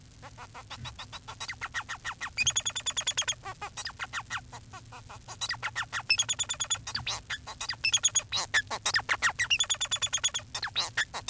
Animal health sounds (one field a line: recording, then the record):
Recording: song of a male Bengalese finch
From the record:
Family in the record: son of father 4